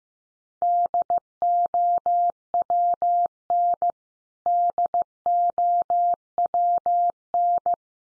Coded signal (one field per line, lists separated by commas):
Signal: Morse code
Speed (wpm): 15 wpm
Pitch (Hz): 700 Hz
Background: none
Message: DOWN DOWN